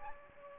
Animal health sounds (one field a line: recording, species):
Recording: mosquito wingbeat signal from an infrared sensor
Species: Aedes aegypti